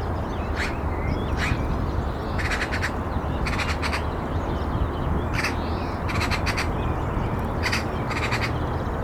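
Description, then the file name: Eurasian magpie giving harsh, dry chattering calls, single rasping notes mixed with quick rattled bursts, over a steady low rumble. "Pica pica"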